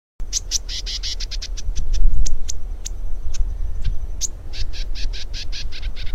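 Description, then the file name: Lesser grass-finch giving quick runs of sharp, buzzy notes, pausing briefly between bursts, against a steady low rumble. "canto do canario do brejo"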